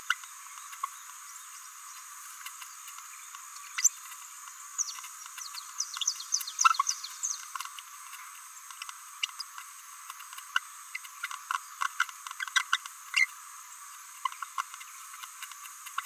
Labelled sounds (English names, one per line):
Green-rumped Parrotlet babbling